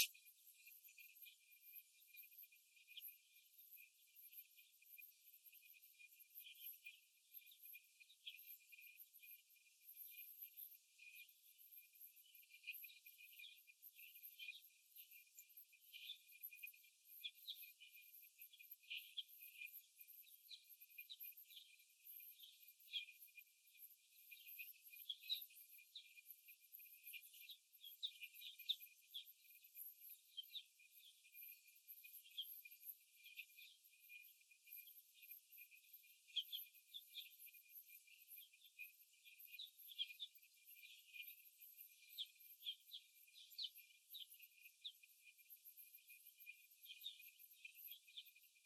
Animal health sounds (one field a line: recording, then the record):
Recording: young laying hens in a cage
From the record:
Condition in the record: after the stressor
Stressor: simulated dog barking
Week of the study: 1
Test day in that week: 2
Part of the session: 4